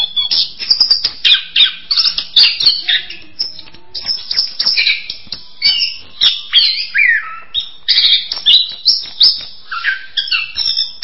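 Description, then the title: Bird song, energetic and varied: bursts of chirps, downslurred whistles and scratchy notes repeating in rapid phrases throughout. "kikicau"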